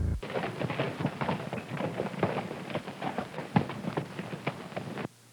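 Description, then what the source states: Horse hooves trotting, soft clattering thuds in a loose quick rhythm for about five seconds, then stopping abruptly. Horse trotting quietly.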